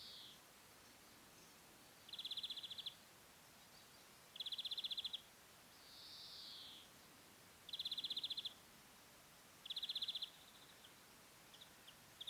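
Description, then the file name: European greenfinch calling: dry buzzy trills repeated roughly every two to three seconds, with one soft rising-and-falling wheeze between them. "Chloris chloris"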